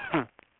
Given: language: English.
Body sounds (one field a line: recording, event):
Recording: throat vibration sensor signal played as sound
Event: cough